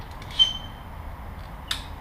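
A click-type torque wrench set to 13, used with an extension, tightens a spark plug into the cylinder head of a 2004 7th-generation Honda Civic. A brief high squeak sounds around 0.4 s, then the wrench gives a sharp click at 1.7 s as the setting is reached, confirming the plug is torqued.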